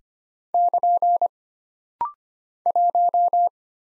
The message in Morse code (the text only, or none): <KN> 1